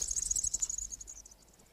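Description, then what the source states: Eurasian wryneck young giving a thin, very high, rapid trilling buzz that fades out after about a second. Played recording of young calling; very high-pitched, somewhat grasshopper-like sound that older people may not hear.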